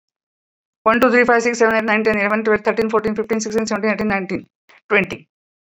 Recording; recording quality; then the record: counting at a fast pace; excellent, no background noise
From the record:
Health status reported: COVID-19 positive, no symptoms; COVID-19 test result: positive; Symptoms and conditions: none ticked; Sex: female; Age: 59 years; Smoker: not ticked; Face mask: not worn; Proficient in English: no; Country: India